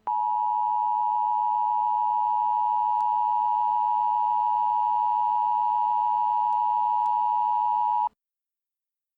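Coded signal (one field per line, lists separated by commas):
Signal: Emergency Alert System (SAME) tones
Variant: 853 and 960 Hz attention tone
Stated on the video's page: Fictional EAS scenario, with some alerts presented as live and others as pure EAS broadcasts.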